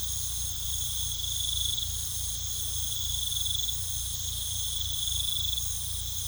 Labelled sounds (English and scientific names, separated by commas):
none